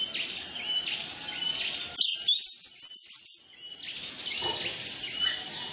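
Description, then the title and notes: Orange-headed Thrush giving a quick series of very high clipped notes, about eight in a row, over a faint chatter of background bird sounds. Lure track for Orange-headed Thrush, full of fill-in phrases, meant to prompt birds to sing fully and quickly. "Masteran Anis Kembang Full Isian Untuk Suara Pancingan Anis Kembang Agar Cepat Ngeplong. Suara Burung Anis Kembang"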